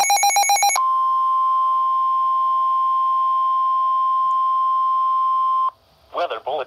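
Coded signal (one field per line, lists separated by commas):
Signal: Emergency Alert System (SAME) tones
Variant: 1050 Hz attention tone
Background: speech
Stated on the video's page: EAS severe thunderstorm warning.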